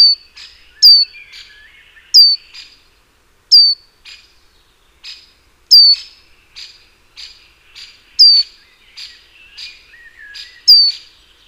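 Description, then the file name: Great tit call notes, bright and high, each dropping quickly in pitch, repeated about seven times at a brisk uneven pace over softer twittering from other birds. "Parus major"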